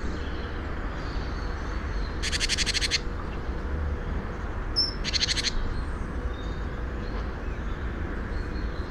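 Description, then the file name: Great tit churring calls: two short, harsh buzzy rattles over a loud, steady low rumble of background noise. "Parus major"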